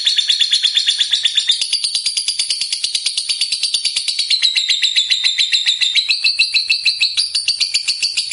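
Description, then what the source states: Lovebird song, a long continuous stream of rapid high chattering notes, shifting in pitch and buzzy throughout. Fighter lovebird described as gacor, meaning singing energetically.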